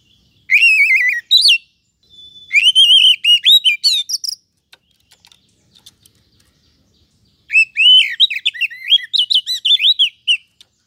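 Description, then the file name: Oriental magpie-robin song in three bursts of jumbled, wavering whistles and harsh chatters, with a short flat whistle and soft scratchy notes between them. "Suara-Kacer-Versi-1"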